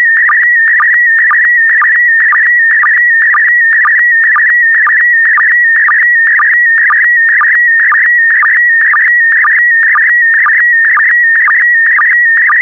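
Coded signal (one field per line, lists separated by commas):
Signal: SSTV (slow-scan television)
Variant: PD120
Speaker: complete. You can now check your decoded image against the picture that is shown on the video.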